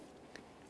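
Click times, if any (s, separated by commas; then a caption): 0.4 s. A metal brake pad abutment clip (caliper tin) on a 2017-2023 GMC Acadia front brake is lined up and pressed onto the caliper bracket. A single sharp click is heard at 0.4 s over a quiet background as the clip seats onto the bracket.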